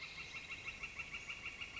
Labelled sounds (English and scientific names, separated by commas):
Northern Flicker (Colaptes auratus)